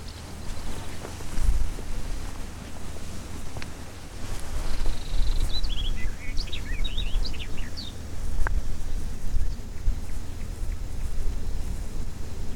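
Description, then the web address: Barred warbler producing a short burst of harsh, jumbled high notes in the middle, set against persistent low-frequency rumble and a faint click. Recorded in Brandenburg, Germany, in 2012. "Brandenburg 2012 Sperwergrasmus"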